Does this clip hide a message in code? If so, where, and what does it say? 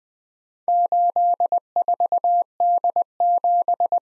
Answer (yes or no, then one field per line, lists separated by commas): yes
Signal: Morse code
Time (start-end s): 0.7-4.0 s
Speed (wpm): 21 wpm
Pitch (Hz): 700 Hz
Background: none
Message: 84D7